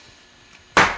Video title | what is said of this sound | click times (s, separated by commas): Mercedes 300D Door Panel Removal 2006 | They're about every 6 in or so or so. Just keep unsnapping on them until | 0.8 s